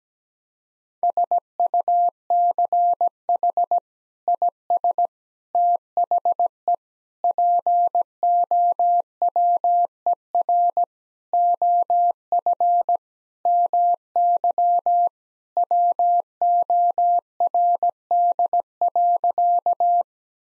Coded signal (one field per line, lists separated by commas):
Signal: Morse code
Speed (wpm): 17 wpm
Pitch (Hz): 700 Hz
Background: none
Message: SUCH IS THE POWER OF MY WORD.